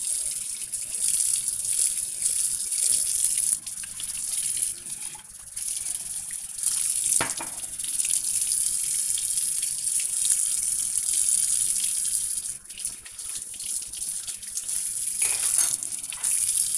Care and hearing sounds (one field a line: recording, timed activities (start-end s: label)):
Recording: household activities, microphone on the right wrist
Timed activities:
0.00-16.78 s: washing dishes